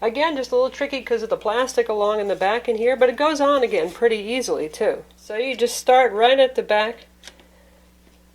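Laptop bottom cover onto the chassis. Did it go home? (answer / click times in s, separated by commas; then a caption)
no / none. The aluminum bottom cover of a Samsung Series 7 Ultra laptop is lined up at the back edge of the chassis, a little tricky because of the plastic along the back, before being pressed into its clips. Someone talks for most of the clip, then a few light handling taps are heard around 7.3 and 7.4 seconds. Nothing has clicked or seated into the clips yet.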